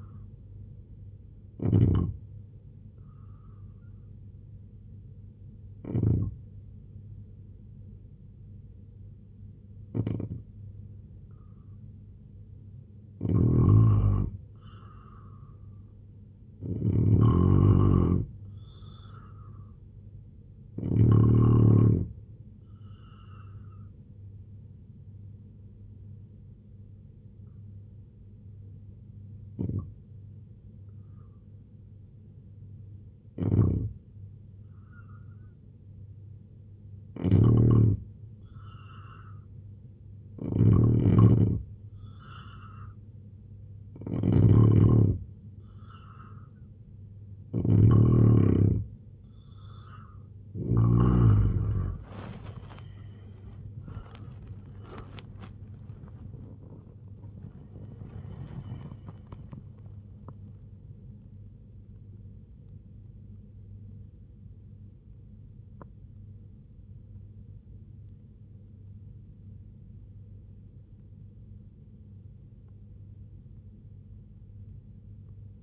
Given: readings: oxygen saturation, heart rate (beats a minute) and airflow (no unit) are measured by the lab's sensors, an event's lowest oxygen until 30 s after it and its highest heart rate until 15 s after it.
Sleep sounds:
breathing in sleep by a smartphone at the bedside; 2
3.00-15.90 s: hypopnea (N3, oxygen 89% highest, then 86% lowest, heart rate 72 at the start, 83 highest)
8.00-75.63 s: new sleep stage, N2 (light sleep)
25.00-40.00 s: hypopnea (N2, oxygen 92% highest, then 84% lowest, heart rate 74 at the start, 90 highest)
From the record:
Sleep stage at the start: N3 (deep sleep); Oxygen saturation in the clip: 84 to 92%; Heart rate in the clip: 64 to 104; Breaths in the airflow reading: 12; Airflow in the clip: -14.9 to 10.1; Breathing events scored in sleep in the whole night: 258 in 7.4 hours asleep

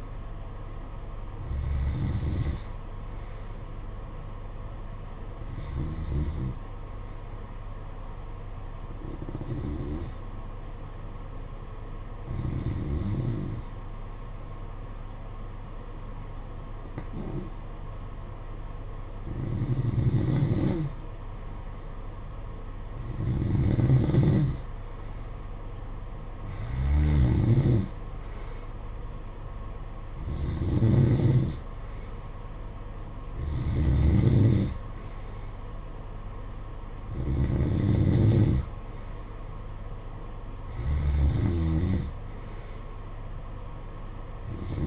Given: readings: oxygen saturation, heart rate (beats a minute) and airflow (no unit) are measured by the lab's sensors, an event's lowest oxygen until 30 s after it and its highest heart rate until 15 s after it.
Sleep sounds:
breathing in sleep by a smartphone at the bedside; 1
10.00-24.60 s: hypopnea (N2, oxygen 94% highest, then 90% lowest, heart rate 52 at the start, 58 highest)
From the record:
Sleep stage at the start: N2 (light sleep); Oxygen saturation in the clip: 90 to 94%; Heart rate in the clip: 52 to 58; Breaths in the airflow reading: 12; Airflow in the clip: -8.0 to 6.1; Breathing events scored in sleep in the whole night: 476 in 9.7 hours asleep

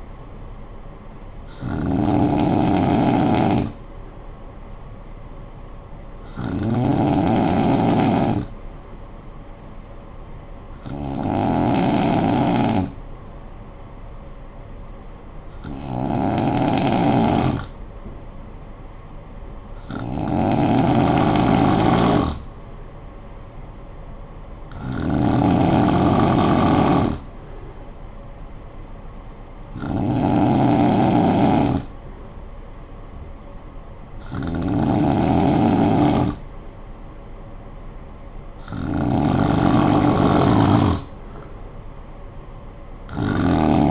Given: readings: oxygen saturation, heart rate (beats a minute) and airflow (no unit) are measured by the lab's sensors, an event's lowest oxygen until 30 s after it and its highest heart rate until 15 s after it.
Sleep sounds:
breathing in sleep by a smartphone at the bedside; 1
9.00-23.10 s: hypopnea (N2, oxygen 95% highest, then 92% lowest, heart rate 56 at the start, 62 highest)
From the record:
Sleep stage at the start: N2 (light sleep); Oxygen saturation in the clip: 91 to 95%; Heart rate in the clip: 53 to 62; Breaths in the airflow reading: 9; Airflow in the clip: -11.5 to 5.6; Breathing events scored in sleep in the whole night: 445 in 7.6 hours asleep

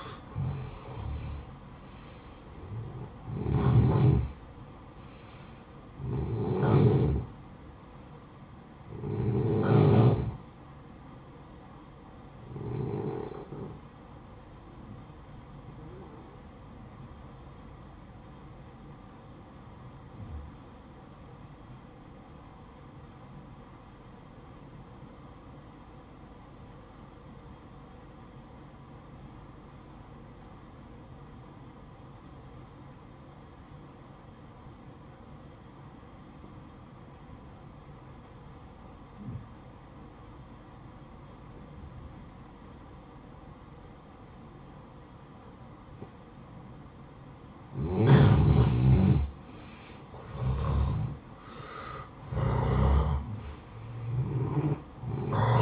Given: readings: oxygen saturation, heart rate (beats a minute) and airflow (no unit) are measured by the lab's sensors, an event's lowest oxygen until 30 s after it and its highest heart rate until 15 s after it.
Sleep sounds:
breathing in sleep by a smartphone at the bedside; 1
19.00-47.30 s: obstructive apnea (N1, oxygen 95% highest, then 87% lowest, heart rate 60 at the start, 71 highest)
22.00-52.00 s: new sleep stage, N2 (light sleep)
52.00-55.62 s: new sleep stage, N1 (lightest sleep)
From the record:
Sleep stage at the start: N1 (lightest sleep); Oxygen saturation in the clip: 88 to 95%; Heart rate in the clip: 55 to 71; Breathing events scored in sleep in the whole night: 573 in 9.8 hours asleep

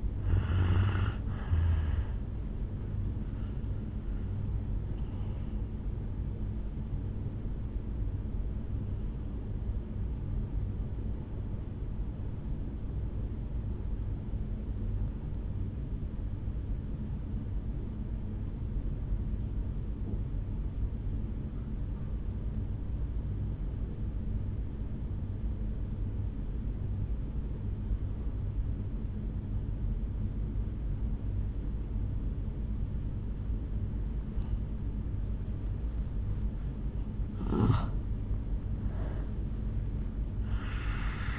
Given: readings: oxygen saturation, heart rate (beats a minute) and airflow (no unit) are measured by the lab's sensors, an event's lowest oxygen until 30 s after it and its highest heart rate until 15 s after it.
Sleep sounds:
breathing in sleep by a smartphone at the bedside; 1
14.00-36.30 s: obstructive apnea (N2, oxygen 97% highest, then 85% lowest, heart rate 50 at the start, 71 highest)
From the record:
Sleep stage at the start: N2 (light sleep); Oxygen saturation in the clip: 79 to 97%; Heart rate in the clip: 50 to 73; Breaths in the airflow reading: 3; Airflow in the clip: -3.9 to 5.4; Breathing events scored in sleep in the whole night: 449 in 7.0 hours asleep

